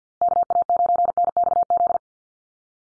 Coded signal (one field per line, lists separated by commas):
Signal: Morse code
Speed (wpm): 50 wpm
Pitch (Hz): 700 Hz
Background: none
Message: KA9NXZ